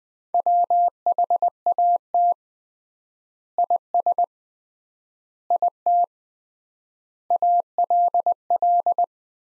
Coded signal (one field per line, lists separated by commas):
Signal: Morse code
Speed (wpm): 20 wpm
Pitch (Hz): 700 Hz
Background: none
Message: WHAT IS IT ALL